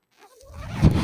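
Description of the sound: A soft, low whoosh swells over a second, the rising push of air from a home mechanical ventilator.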